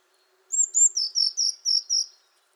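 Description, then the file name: Eurasian blue tit: two sharp high notes followed by five evenly spaced, slightly lower notes in one quick phrase. "Cyanistes caeruleus"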